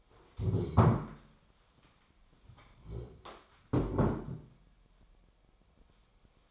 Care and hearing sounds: daily activity, microphone in the room; stand up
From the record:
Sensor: 1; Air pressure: 1015.3 hPa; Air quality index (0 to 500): 156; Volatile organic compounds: 9 ppm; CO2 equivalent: 2174 ppm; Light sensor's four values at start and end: 12/29/12/13 and 12/28/12/13

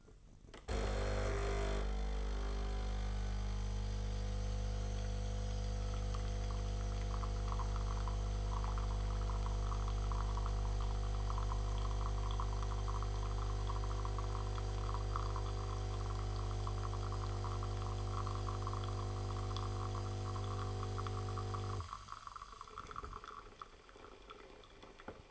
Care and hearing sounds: daily activity, microphone in the room; make coffee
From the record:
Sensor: 4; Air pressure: 989.3 hPa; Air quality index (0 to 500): 219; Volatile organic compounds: 71 ppm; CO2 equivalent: 3530 ppm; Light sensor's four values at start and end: 22/77/28/30 and 24/84/31/33

